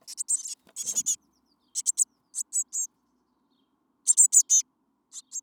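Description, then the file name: Eurasian blue tit giving several clusters of high, sharp notes in groups of three or four. "Cyanistes caeruleus"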